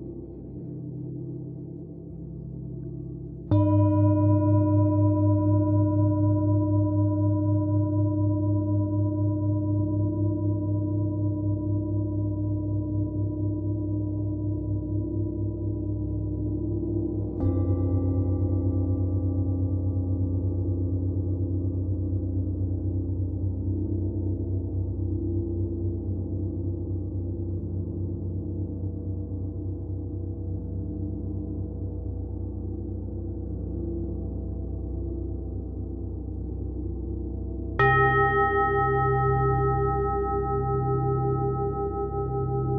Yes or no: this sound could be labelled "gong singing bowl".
yes